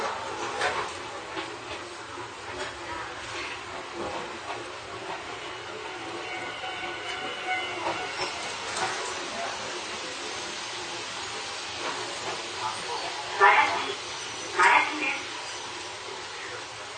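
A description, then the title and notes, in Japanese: An Izuhakone Railway 3000 series steel train running between Shuzenji and Mishima, with a steady low rumble and hiss throughout. Faint whining tones rise and fade around six to nine seconds, and two sharp louder clatters stand out near thirteen and fifteen seconds. 伊豆箱根鉄道3000系(鋼製車) 修善寺〜三島。車体は20ｍ級3扉車。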